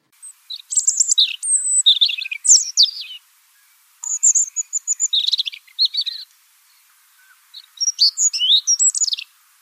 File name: Rouge gorge